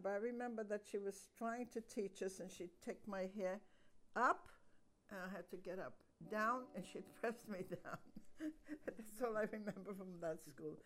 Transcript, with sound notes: I remember that she was trying to teach us and she'd pick my hair up, and I had to get up. Down, and she'd press me down. [laughs] That's all I remember from that school.